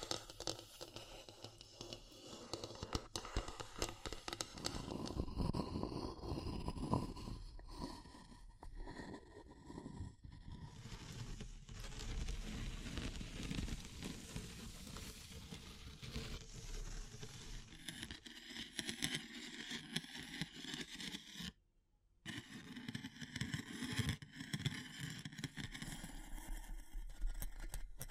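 Wood, bamboo and straw are handled in a continuous run of scraping, rustling and tapping, dense and uneven in loudness with a low rumble beneath. The texture shifts every few seconds, growing brighter and crisper at times, and drops to a brief silence near 22 seconds.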